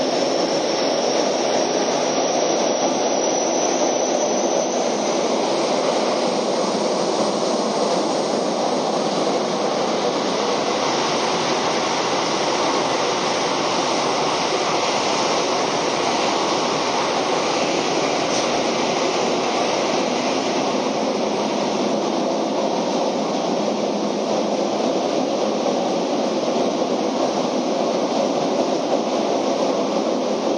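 A Keio 5000 series train runs along at speed, giving a steady, dense roar of wheels and motor that stays loud and unchanging for the whole half minute. The rushing sound fills the middle and upper range, with only a slight shift near five seconds.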